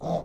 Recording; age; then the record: pig call; piglet (1 to 25 days)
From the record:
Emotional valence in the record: negative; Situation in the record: long isolation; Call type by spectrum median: low-frequency call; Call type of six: low-frequency stable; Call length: 0.25 s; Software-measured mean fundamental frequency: 54 Hz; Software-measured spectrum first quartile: 207 Hz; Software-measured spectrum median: 504 Hz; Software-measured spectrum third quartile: 678 Hz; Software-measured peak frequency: 627 Hz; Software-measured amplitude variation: 130 dB a second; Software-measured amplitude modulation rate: 10.2 a second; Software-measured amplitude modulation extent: 12.8 dB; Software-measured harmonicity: 2.6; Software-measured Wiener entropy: -0.42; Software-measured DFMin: 982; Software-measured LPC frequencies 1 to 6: 652, 2093, 3541, 5657, 7475, 8450 Hz